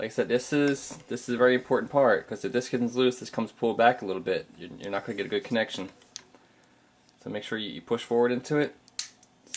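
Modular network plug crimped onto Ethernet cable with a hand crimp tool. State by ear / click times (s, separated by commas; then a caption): seated / 9.0 s, 9.5 s. A modular plastic network plug is crimped onto an Ethernet cable with a hand crimp tool after the cable is pushed fully into the plug. Someone talks, and then the tool is squeezed and gives sharp clicks at 9.0 s and 9.5 s as it crimps the plug. The plug is seated.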